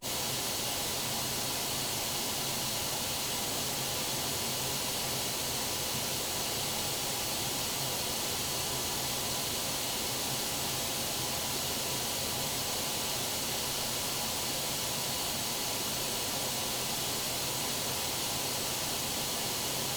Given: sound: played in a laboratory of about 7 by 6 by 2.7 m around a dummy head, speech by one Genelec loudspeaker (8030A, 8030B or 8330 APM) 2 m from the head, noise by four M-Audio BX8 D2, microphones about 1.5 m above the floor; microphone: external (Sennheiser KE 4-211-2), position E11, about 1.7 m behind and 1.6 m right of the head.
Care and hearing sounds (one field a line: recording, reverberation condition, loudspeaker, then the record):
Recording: white noise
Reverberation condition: low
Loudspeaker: four, about 170 cm from the corners of the room and facing them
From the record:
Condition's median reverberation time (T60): about 310 ms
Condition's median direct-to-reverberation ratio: about 3.5 dB